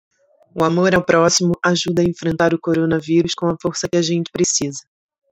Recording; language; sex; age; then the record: spoken sentence; Brazilian Portuguese; female; 40 to 49 years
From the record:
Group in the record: control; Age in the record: 41 years